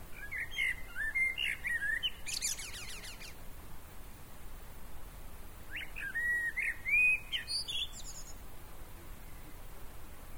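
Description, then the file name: Common blackbird singing two phrases, each beginning with low mellow warbles and ending in a rapid, thin, high twitter, with a pause of about three seconds between them. "Turdus merula"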